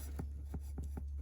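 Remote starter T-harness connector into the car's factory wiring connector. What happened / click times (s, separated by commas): Connector being handled, not yet seated / none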